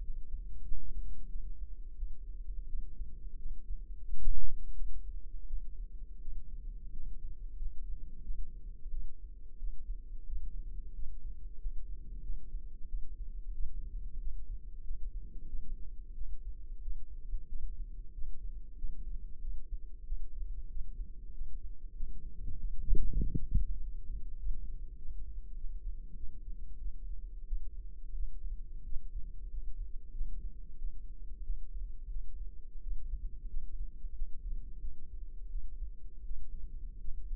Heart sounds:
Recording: heart sounds by microphone in the left ear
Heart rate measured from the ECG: 91 bpm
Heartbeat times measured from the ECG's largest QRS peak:
0.00 s: heartbeat
0.62 s: heartbeat
1.27 s: heartbeat
1.94 s: heartbeat
2.67 s: heartbeat
3.36 s: heartbeat
4.02 s: heartbeat
4.74 s: heartbeat
5.45 s: heartbeat
6.19 s: heartbeat
6.91 s: heartbeat
7.56 s: heartbeat
8.21 s: heartbeat
8.89 s: heartbeat
9.56 s: heartbeat
10.24 s: heartbeat
10.93 s: heartbeat
11.57 s: heartbeat
12.20 s: heartbeat
12.86 s: heartbeat
13.52 s: heartbeat
14.18 s: heartbeat
14.81 s: heartbeat
15.46 s: heartbeat
16.12 s: heartbeat
16.79 s: heartbeat
17.46 s: heartbeat
18.12 s: heartbeat
18.75 s: heartbeat
19.39 s: heartbeat
20.03 s: heartbeat
20.68 s: heartbeat
21.31 s: heartbeat
21.93 s: heartbeat
22.57 s: heartbeat
23.18 s: heartbeat
23.79 s: heartbeat
24.38 s: heartbeat
24.96 s: heartbeat
25.55 s: heartbeat
26.14 s: heartbeat
26.77 s: heartbeat
27.45 s: heartbeat
28.12 s: heartbeat
28.84 s: heartbeat
29.48 s: heartbeat
30.11 s: heartbeat
30.76 s: heartbeat
31.41 s: heartbeat
32.08 s: heartbeat
32.80 s: heartbeat
33.47 s: heartbeat
34.12 s: heartbeat
34.78 s: heartbeat
35.47 s: heartbeat
36.23 s: heartbeat
36.99 s: heartbeat
From the record:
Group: healthy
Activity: rest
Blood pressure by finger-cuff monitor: 115/66 mmHg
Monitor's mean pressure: 82 mmHg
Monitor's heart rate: 91 bpm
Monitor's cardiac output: 7.7 L/min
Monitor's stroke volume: 83 mL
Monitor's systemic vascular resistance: 770 dyn s/cm5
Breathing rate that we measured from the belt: 16 breaths a minute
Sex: female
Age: 26 years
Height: 165 cm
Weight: 55 kg

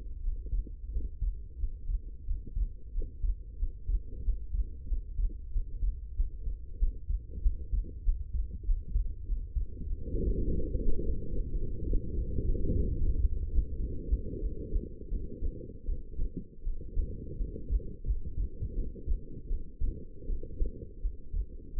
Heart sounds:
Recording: heart sounds by stethoscope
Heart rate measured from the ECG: 92 bpm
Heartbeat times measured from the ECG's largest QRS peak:
0.22 s: heartbeat
0.91 s: heartbeat
1.58 s: heartbeat
2.25 s: heartbeat
2.92 s: heartbeat
3.57 s: heartbeat
4.23 s: heartbeat
4.87 s: heartbeat
5.51 s: heartbeat
6.15 s: heartbeat
6.78 s: heartbeat
7.41 s: heartbeat
8.04 s: heartbeat
8.66 s: heartbeat
9.27 s: heartbeat
9.86 s: heartbeat
10.45 s: heartbeat
11.04 s: heartbeat
11.59 s: heartbeat
12.14 s: heartbeat
12.68 s: heartbeat
13.22 s: heartbeat
13.77 s: heartbeat
14.39 s: heartbeat
15.09 s: heartbeat
15.85 s: heartbeat
16.63 s: heartbeat
17.37 s: heartbeat
18.04 s: heartbeat
18.74 s: heartbeat
19.47 s: heartbeat
20.26 s: heartbeat
21.01 s: heartbeat
21.74 s: heartbeat
From the record:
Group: healthy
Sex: female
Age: 19 years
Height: 163 cm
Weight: 51 kg

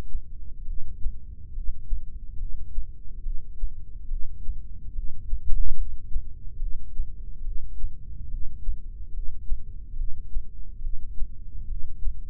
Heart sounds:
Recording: heart sounds by microphone in the left ear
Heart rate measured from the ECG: 71 bpm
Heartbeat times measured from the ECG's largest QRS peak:
0.68 s: heartbeat
1.56 s: heartbeat
2.40 s: heartbeat
3.26 s: heartbeat
4.11 s: heartbeat
4.96 s: heartbeat
5.79 s: heartbeat
6.62 s: heartbeat
7.46 s: heartbeat
8.32 s: heartbeat
9.15 s: heartbeat
9.99 s: heartbeat
10.84 s: heartbeat
11.70 s: heartbeat
From the record:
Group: heart failure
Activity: rest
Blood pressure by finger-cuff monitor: 129/95 mmHg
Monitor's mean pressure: 107 mmHg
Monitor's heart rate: 71 bpm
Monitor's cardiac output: 6.1 L/min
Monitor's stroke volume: 87 mL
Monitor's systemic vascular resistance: 1300 dyn s/cm5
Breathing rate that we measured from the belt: 17 breaths a minute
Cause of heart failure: idiopathic cardiomyopathy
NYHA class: 1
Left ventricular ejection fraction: 50%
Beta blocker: bisoprolol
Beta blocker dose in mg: 5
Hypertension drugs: candesartan, spironolactone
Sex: male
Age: 54 years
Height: 180 cm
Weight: 94.6 kg

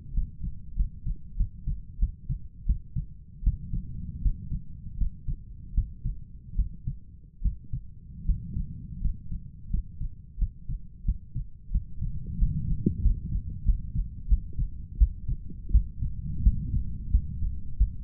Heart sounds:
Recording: heart sounds by stethoscope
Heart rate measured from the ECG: 85 bpm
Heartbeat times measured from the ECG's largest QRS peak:
0.14 s: heartbeat
0.76 s: heartbeat
1.37 s: heartbeat
1.99 s: heartbeat
2.66 s: heartbeat
3.44 s: heartbeat
4.22 s: heartbeat
4.98 s: heartbeat
5.74 s: heartbeat
6.56 s: heartbeat
7.42 s: heartbeat
8.26 s: heartbeat
9.01 s: heartbeat
9.70 s: heartbeat
10.38 s: heartbeat
11.05 s: heartbeat
11.72 s: heartbeat
12.38 s: heartbeat
13.02 s: heartbeat
13.65 s: heartbeat
14.28 s: heartbeat
14.98 s: heartbeat
15.71 s: heartbeat
16.43 s: heartbeat
17.11 s: heartbeat
17.78 s: heartbeat
From the record:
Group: healthy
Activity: rest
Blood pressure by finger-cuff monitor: 134/78 mmHg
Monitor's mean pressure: 90 mmHg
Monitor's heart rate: 90 bpm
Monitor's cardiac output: 7.6 L/min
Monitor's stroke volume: 86 mL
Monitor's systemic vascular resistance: 870 dyn s/cm5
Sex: male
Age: 23 years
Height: 179 cm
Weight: 87 kg

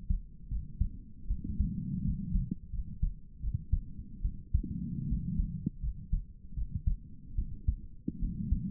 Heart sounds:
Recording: heart sounds by stethoscope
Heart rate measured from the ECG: 78 bpm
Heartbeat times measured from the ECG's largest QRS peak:
0.50 s: heartbeat
1.29 s: heartbeat
2.04 s: heartbeat
2.72 s: heartbeat
3.42 s: heartbeat
4.23 s: heartbeat
5.08 s: heartbeat
5.82 s: heartbeat
6.56 s: heartbeat
7.37 s: heartbeat
8.20 s: heartbeat
From the record:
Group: healthy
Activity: rest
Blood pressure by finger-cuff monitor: 145/65 mmHg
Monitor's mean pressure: 90 mmHg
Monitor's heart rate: 81 bpm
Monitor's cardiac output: 8.5 L/min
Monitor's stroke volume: 106 mL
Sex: female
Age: 22 years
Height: 160 cm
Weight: 63 kg

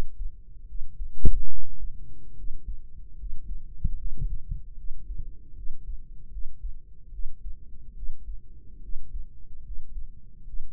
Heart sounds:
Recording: heart sounds by microphone in the right ear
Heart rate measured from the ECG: 74 bpm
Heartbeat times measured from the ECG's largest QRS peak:
0.64 s: heartbeat
1.47 s: heartbeat
2.33 s: heartbeat
3.15 s: heartbeat
3.95 s: heartbeat
4.73 s: heartbeat
5.52 s: heartbeat
6.28 s: heartbeat
7.09 s: heartbeat
7.92 s: heartbeat
8.79 s: heartbeat
9.61 s: heartbeat
10.43 s: heartbeat
From the record:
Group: healthy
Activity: rest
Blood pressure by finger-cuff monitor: 108/73 mmHg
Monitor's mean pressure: 82 mmHg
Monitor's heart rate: 72 bpm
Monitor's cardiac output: 5.6 L/min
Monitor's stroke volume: 76 mL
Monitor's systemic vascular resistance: 1090 dyn s/cm5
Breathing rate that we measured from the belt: 18 breaths a minute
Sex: female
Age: 23 years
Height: 160 cm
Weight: 50.4 kg

